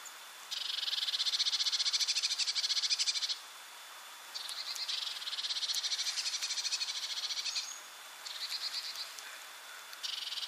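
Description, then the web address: Eurasian blue tit giving buzzy, rapidly pulsed churring calls in several bursts separated by short pauses, with a faint steady high tone beneath. "SETE data Cyanistes caeruleus"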